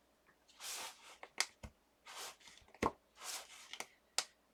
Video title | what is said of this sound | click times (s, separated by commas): #tagtuesday/Hosted by Sheree @TurquoiseDreamingSheree /Texture Paste Tags/Using negative dies/Tags | just make sure you go around and and you hear it snap all the way that way it doesn't dry out | 1.4 s, 4.2 s